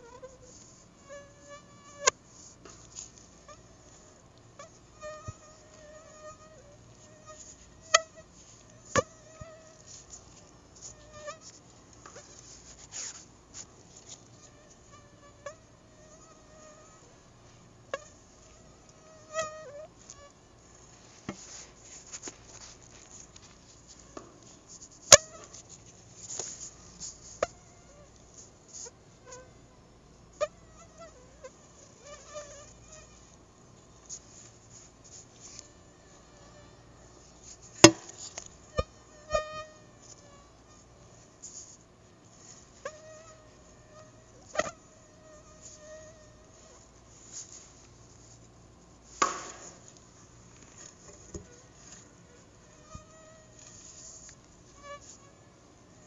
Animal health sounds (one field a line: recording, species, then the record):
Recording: mosquito flight sound by mobile phone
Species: Anopheles arabiensis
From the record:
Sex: female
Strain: Dongola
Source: CDC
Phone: Google Nexus